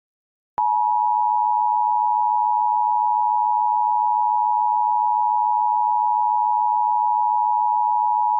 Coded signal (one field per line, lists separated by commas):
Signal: Emergency Alert System (SAME) tones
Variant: 853 and 960 Hz attention tone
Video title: EAS #3 winter storm warning on WCEF￼